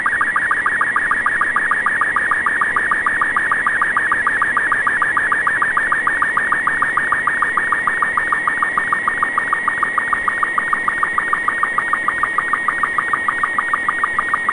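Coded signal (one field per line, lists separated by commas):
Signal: SSTV (slow-scan television)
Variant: Robot 36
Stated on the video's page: SSTV downlink on UHF from amateur satellite CO-66 (SEED II), alternating with FM voice.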